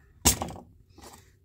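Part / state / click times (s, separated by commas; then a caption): venturi into carburettor intake/filter adapter / seated / 0.3 s. A printed venturi piece for an SHA15 carburettor is pushed home into its mating intake or filter fitting and lands with a single thunk at 0.3 s. Softer knocks follow at 0.4 and 0.6 s, then a faint rustle near 1.0–1.2 s. The venturi is seated and fits together well.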